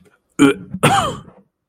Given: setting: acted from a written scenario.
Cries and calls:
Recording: vocal sound without words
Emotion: disgust

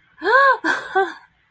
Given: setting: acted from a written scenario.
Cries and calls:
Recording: vocal sound without words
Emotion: elation

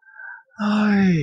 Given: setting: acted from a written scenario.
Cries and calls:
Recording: vocal sound without words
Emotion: sympathy

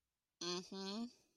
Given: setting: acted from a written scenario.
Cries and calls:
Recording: vocal sound without words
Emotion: contempt

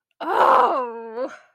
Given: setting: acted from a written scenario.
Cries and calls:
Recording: vocal sound without words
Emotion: shame

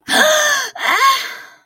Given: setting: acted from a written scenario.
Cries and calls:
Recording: vocal sound without words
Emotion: pain

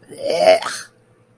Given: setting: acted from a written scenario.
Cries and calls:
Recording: vocal sound without words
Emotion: disgust

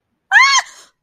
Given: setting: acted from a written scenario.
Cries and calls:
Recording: vocal sound without words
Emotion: negative surprise

